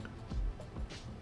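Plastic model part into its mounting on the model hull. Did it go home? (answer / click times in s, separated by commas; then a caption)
no / none. Plastic parts of a MENG 1/35 scale GAZ 233115 SPN SPV Tiger model kit are handled and pressed toward their mounting on the model hull, with a faint tick near the start and soft low thumps and rubbing. Nothing has seated or clicked into place yet.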